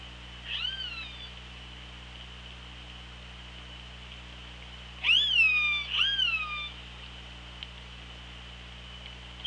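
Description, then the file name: Orca calls: one faint rising squeal, then two loud upswept harmonic calls about a second apart, over steady background hiss and low hum. Recorded on the OrcaLab hydrophone, 24 August 2017 at 16:01. "Orca Lab UTLN JASON 20170824 160142"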